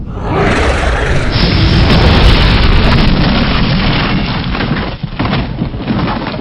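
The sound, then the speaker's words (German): A huge blast of fire from a cannon bursts through a wood and metal gate: a loud, deep booming roar with heavy rumble that stays intense for several seconds, crackling and tearing throughout, with no voices. “In letzter Sekunde schaffen es unsere Helden, an die Seite zu springen, als ein gewaltiger Feuerstrahl das Tor zerreißt und binnen Sekunden Holz und Metall in Asche verwandelt.”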